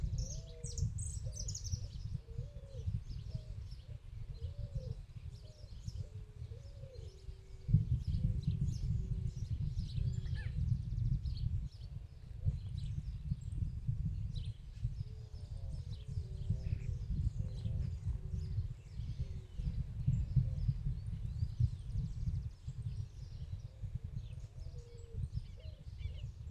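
Little birds in the countryside chirp in short repeated phrases over a constant low rumble that grows louder at about eight seconds.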